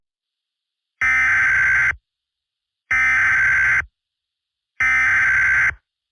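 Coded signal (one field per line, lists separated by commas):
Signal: Emergency Alert System (SAME) tones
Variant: header bursts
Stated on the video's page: Simulated, fake EAS scenario alert.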